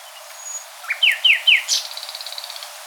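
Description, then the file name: Common nightingale song: three quick downward-slurred whistles, then a bright, rapid series of short, sharp notes, with a faint high whistle earlier. "Luscinia megarhynchos"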